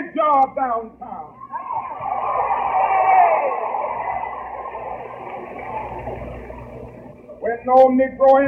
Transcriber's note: soundbite of audience responding